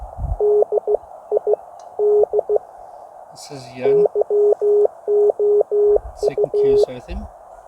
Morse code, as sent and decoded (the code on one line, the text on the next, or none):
-.. .. -.. / -.-- --- ..-
DID YOU